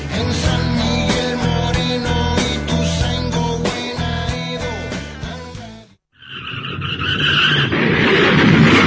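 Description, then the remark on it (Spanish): A bright, rhythmic music passage cuts off abruptly. After a brief silence, a car's tires screech with a high, sustained squeal, and loud, harsh crashing noise of the car crash builds and swells to the end. “¡Uy! ¡Mirá cómo quedó el auto! Perdóname, fue mi culpa.”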